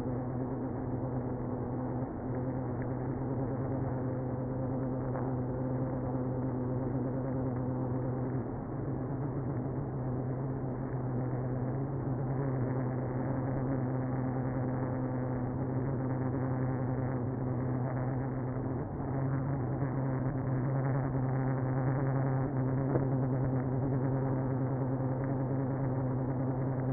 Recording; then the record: honeybee colony, microphone inside the hive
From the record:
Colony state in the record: queenless (queen removed); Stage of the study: after two queens were removed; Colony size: about 60,000 bees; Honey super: yes